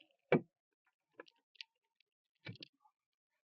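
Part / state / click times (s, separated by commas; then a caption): lower control arm ball joint stud into steering knuckle / seated / 0.3 s. On a 2016 GMC Terrain, the new lower control arm's ball joint stud is wiggled into the steering knuckle bore, and it pops into place with a loud, sharp metal-on-metal click at 0.3 s, confirming it is seated. Fainter metallic ticks follow around 1.2–1.6 s, with a short cluster of clicks near 2.5–2.6 s.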